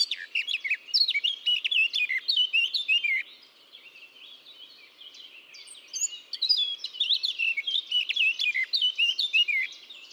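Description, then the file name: Eurasian blackcap warbling song in two long bursts of quick, jumbled chirps and fluty notes, with a softer pause between them. "Sylvia atricapilla"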